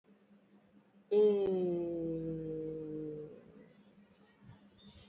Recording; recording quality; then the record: sustained vowel as in made; excellent, no background noise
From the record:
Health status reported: healthy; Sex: female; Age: 34 years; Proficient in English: yes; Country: India